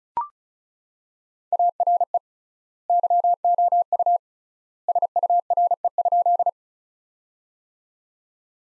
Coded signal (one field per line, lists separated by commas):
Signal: Morse code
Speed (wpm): 34 wpm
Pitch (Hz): 700 Hz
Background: none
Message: ARE YOU SURE?